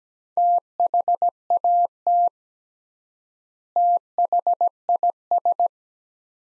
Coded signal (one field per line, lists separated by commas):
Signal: Morse code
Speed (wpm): 17 wpm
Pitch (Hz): 700 Hz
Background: none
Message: THAT THIS